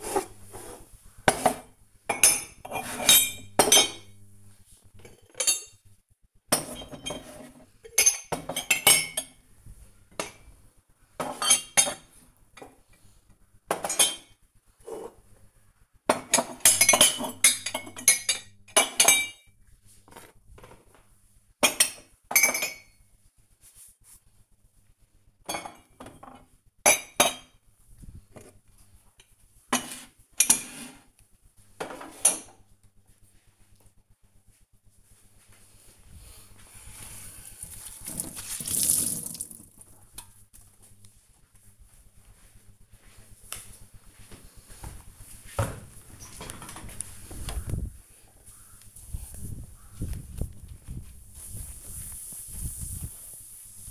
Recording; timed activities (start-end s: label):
household activities, microphone on the right wrist
0.00-32.61 s: putting away the dishes
45.71-53.91 s: window cleaning